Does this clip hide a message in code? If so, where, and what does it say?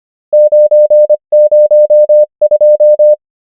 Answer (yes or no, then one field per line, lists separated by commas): yes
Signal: Morse code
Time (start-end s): 0.3-3.1 s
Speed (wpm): 25 wpm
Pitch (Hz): 600 Hz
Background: none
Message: 9 0 2